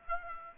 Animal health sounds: mosquito wingbeat signal from an infrared sensor; Aedes aegypti

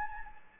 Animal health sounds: mosquito wingbeat signal from an infrared sensor; Anopheles gambiae

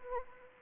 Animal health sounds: mosquito wingbeat signal from an infrared sensor; Anopheles arabiensis

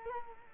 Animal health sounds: mosquito wingbeat signal from an infrared sensor; Culex quinquefasciatus

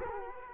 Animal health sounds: mosquito wingbeat signal from an infrared sensor; Culex quinquefasciatus

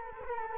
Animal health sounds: mosquito wingbeat signal from an infrared sensor; Culex quinquefasciatus

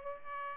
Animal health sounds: mosquito wingbeat signal from an infrared sensor; Culex pipiens

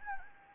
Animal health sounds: mosquito wingbeat signal from an infrared sensor; Anopheles gambiae

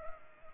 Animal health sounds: mosquito wingbeat signal from an infrared sensor; Culex pipiens

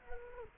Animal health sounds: mosquito wingbeat signal from an infrared sensor; Culex quinquefasciatus

